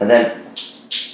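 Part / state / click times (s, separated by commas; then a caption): plastic practice nail piece into the finger of a nail trainer hand / seated / 0.6 s. Someone talks as a removable plastic practice nail piece is located on the finger of a nail trainer hand and pressed in. A short, sharp click is heard at 0.6 s as the nail piece seats in place on the trainer finger.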